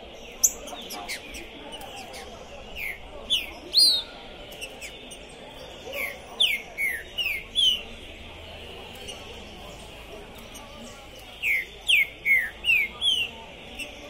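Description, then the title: Green-winged saltator song: a few scattered sharp downward whistles, then two phrases of about five falling notes each. Captive trinca-ferro singing and calling to warm up for a singing contest, at the tournament entrance; 2021. "ESQUENTAR Seu TRINCA Piando, Cantando E Macheando Na DISPUTA. TRINCA FERRO PORTA do TORNEIO Trinca Ferro Pistoleiro 2021"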